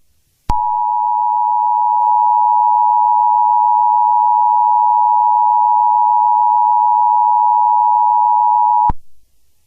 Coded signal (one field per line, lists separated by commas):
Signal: Emergency Alert System (SAME) tones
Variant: 853 and 960 Hz attention tone